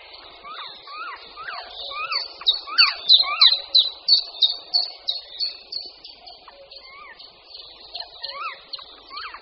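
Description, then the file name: Black woodpecker calls: sharp, upward-bending notes in irregular clusters, with high twittering behind. "Datel-černý"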